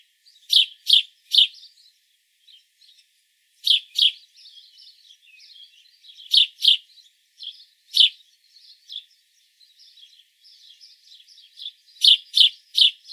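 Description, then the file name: House sparrow chirping in short bursts of loud notes, separated by stretches of soft chattering, ending in a fast triple chirp. "Passer domesticus"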